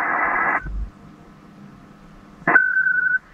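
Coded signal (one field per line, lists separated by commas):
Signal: HF data modem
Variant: ARDOP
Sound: half-second hiss-like data burst, pause, then a short burst followed by a steady tone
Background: radio static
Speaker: we'll hit connect and this will use ham Lib and the sound card and connect to our dope Connect the modem and send the email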